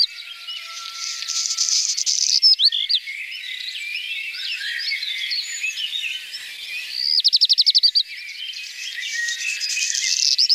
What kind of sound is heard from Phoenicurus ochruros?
song